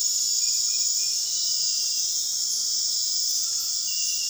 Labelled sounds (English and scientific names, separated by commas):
none